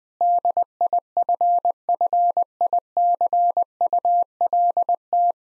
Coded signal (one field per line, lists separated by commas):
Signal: Morse code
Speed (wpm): 20 wpm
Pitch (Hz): 700 Hz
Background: none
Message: DIFFICULT